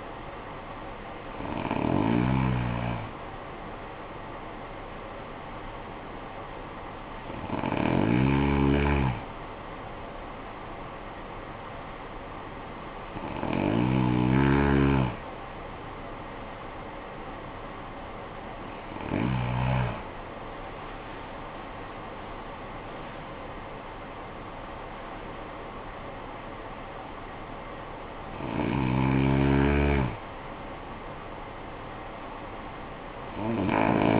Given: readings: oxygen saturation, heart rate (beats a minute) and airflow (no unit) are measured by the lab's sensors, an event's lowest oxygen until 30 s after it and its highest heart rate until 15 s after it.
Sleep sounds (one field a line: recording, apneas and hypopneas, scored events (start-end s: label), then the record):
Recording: breathing in sleep by a voice recorder at the bedside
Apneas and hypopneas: 1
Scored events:
3.00-19.00 s: hypopnea (N1, oxygen 97% highest, then 94% lowest, heart rate 47 at the start, 70 highest)
From the record:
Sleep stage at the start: N1 (lightest sleep)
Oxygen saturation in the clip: 91 to 97%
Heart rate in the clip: 47 to 70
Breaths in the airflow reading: 6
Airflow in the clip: -13.7 to 13.7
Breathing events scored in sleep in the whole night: 445 in 7.6 hours asleep